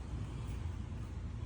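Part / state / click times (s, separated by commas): plastic C-clip onto motorcycle seat mounting hardware / not seated / none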